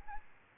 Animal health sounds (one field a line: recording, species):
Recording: mosquito wingbeat signal from an infrared sensor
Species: Aedes albopictus